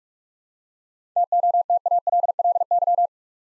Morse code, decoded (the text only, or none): TOTALLY